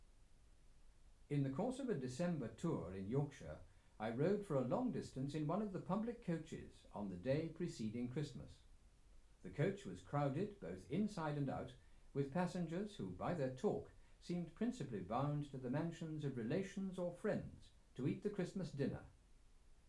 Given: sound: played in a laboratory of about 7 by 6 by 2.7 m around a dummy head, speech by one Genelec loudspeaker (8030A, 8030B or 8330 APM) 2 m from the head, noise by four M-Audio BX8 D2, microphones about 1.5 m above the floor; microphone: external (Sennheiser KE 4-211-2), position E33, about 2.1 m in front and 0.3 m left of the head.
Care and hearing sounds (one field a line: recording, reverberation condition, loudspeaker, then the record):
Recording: male speech in English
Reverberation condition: low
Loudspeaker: 30 degrees to the right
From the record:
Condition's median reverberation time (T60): about 310 ms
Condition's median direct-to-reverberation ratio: about 3.5 dB